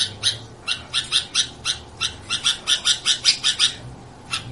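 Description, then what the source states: Sooty-headed bulbul giving a rapid run of sharp, bright chirps, then a pause before a last note. Described as gacor, a term for a bird that sings constantly.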